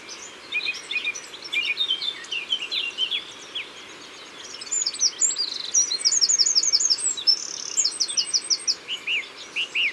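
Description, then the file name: Eurasian wren song: bright, high, fast runs of notes with rapid trills in the second half, over a busy chorus of other chirping birds. Recorded in Isère. "Troglodyte-mignon Isere Studio-Les-Trois-Becs"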